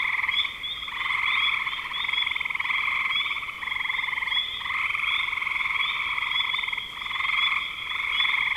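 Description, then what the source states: Many frogs calling together in a high, buzzy trilling chorus that swells and dips in waves. Recorded in spring 2025.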